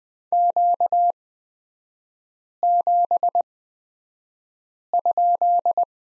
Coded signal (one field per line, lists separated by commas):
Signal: Morse code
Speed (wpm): 20 wpm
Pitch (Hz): 700 Hz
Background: none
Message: Q7?